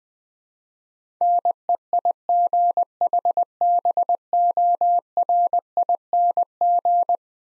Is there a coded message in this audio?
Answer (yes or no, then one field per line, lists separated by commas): yes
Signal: Morse code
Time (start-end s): 1.2-7.2 s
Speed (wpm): 21 wpm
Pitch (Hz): 700 Hz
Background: none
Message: NEIGHBORING